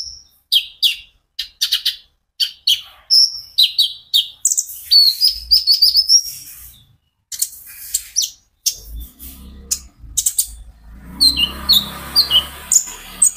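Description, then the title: Van Hasselt's sunbird song: fast series of sharp high chips and sweeping notes, later joined by a faint low hum and hiss. Caged bird; steady, vigorous song used as a lure to prompt and train other caged sunbirds to sing in reply. "KOLIBRI NINJA KONIN IJOAN GACOR COCOK UNTUK PANCINGAN TERAPI KONIN BAHAN PASTI NYAUT"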